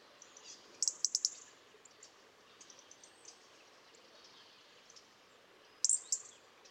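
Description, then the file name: European robin calls: two clusters of thin, very high ticking notes, one early and one near the end, over a quiet hiss of background noise. "Erithacus rubecula"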